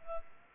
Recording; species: mosquito wingbeat signal from an infrared sensor; Culex pipiens